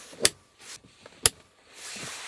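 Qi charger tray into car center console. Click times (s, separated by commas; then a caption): 0.2 s, 1.3 s. An aftermarket Qi charging tray is laid flat in the center console of a pre-refresh Tesla Model S/X and pushed down so its side clips grab the existing cutouts in the console side walls. Two sharp clicks ring out at 0.3 s and 1.3 s amid quiet rustling and handling, and the tray is seated in the console.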